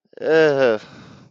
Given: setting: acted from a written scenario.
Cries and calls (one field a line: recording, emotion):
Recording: vocal sound without words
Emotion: embarrassment